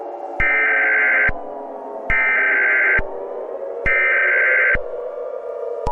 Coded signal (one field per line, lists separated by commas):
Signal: Emergency Alert System (SAME) tones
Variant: header bursts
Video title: IRRADIATING CHAOS: REMASTRED [EAS SCENARIO/ANALOG HORROR]